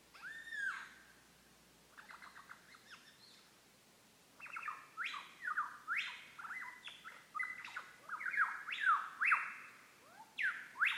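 Lyrebird song, a varied run of loud whistled notes, some sweeping down steeply, others rising, with short pauses between phrases and quieter chattering in between.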